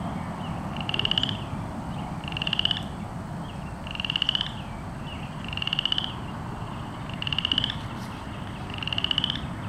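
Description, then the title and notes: Cajun chorus frog calling with short pulsed trills, each lasting about half a second and repeated roughly every one and a half to two seconds over steady low rumbling background noise. Recorded March 25, 2017. "cajun frog. by Christie Mullen"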